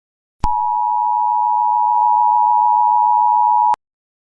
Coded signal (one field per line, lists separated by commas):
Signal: Emergency Alert System (SAME) tones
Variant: 853 and 960 Hz attention tone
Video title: EAS Scenario 5 - Zombie Apocalypse (PT 1)